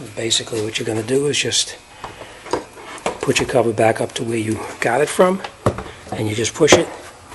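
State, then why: Not seated. A plastic engine cover on a 2015 Audi A4 is handled and set back over its engine-bay mounting studs, ready to be pushed down onto the grommets, while someone talks. A few short knocks sound around 2.0, 2.5 and 3.1 seconds, but nothing has seated or clicked yet.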